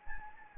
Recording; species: mosquito wingbeat signal from an infrared sensor; Anopheles gambiae